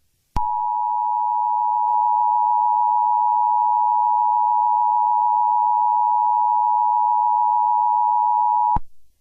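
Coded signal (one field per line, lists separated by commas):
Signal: Emergency Alert System (SAME) tones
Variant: 853 and 960 Hz attention tone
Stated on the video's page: Fictional EAS scenario of a severe thunderstorm emergency, not a real alert.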